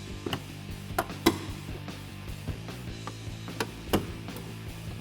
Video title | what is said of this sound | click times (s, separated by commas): Jeep Wrangler JL MP Concepts High Clearance Fender Flares Review & Install | Now you can hear the clips clicking into place. | 0.3 s, 1.0 s, 1.3 s, 3.6 s, 3.9 s